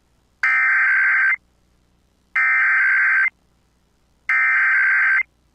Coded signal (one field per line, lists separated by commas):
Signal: Emergency Alert System (SAME) tones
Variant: header bursts